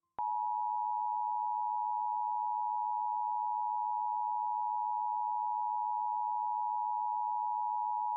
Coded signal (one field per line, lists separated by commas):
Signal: Emergency Alert System (SAME) tones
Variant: 853 and 960 Hz attention tone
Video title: EAS Scenario - "Us"